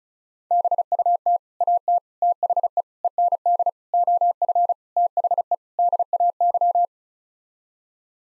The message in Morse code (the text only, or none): BUT AT THE END OF THE DAY